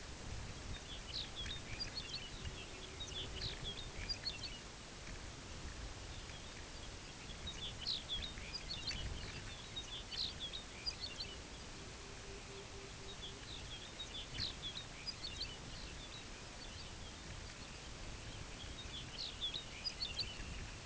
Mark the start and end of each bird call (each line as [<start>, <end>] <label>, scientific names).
[0.54, 4.75] Calcarius lapponicus
[2.15, 4.02] Calidris melanotos
[5.94, 11.67] Calcarius lapponicus
[11.05, 13.46] Calidris melanotos
[12.89, 20.72] Calcarius lapponicus